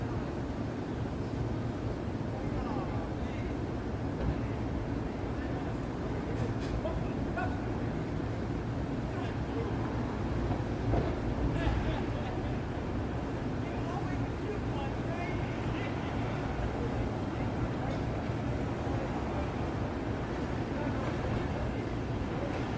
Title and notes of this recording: Open Window New York City Soundscape at Night. This recording features sirens, construction, people, traffic sounds, and more.